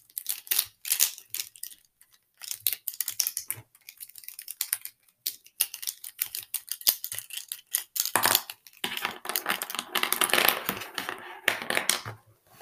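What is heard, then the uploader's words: Crisp tapping and clicking of markers in irregular bursts, with a denser scratchy stretch around eight to eleven seconds. Marker ASMR. Playing around with my markers.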